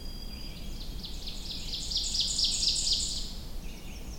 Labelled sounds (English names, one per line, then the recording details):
Ovenbird song
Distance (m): 25 m
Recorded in boreal forest in Alberta, Canada, on 21 June 2016 at 06:53
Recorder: SongMeter 3, array SBT-6-81
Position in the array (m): 40 m, 88 m
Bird 24